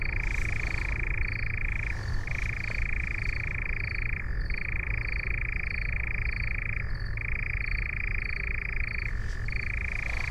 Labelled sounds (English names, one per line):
Eurasian Nightjar song